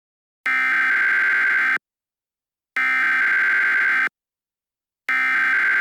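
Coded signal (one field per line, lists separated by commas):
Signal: Emergency Alert System (SAME) tones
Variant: header bursts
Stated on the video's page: Fictional EAS scenario using valid EAS tones.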